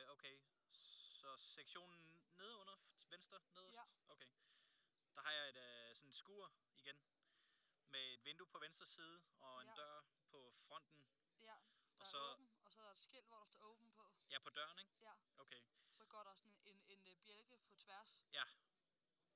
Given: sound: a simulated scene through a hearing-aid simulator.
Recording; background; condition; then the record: conversation; quiet; 65 dB SPL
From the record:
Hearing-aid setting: standard clinical setting (NAL); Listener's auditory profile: D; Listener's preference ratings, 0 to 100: 99, 100, 100